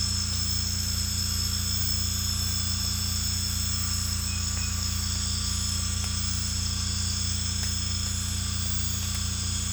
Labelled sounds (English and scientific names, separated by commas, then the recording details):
none
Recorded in secondary vegetation near Puerto Asís, Putumayo, Colombia, on 18 December 2024 at 00:00
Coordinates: 0.485, -76.322
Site GP08